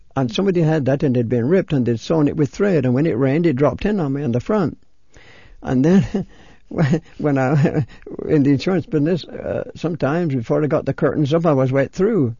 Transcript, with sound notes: And somebody had that, and it had been ripped, and they'd sewn it with thread, and when it rained it dropped in on me on the front. And that ( he laughs ) when I, in the insurance business sometimes before I got the curtains up I was wet through.